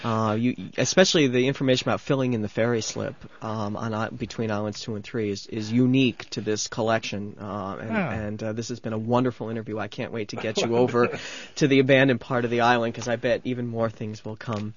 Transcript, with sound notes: You, especially the information about filling in the ferry slip on, between islands two and three is unique to this collection, and this has been a wonderful interview. (they laugh) I can't wait to get you over to the abandoned part of the island, because I bet even more things will come.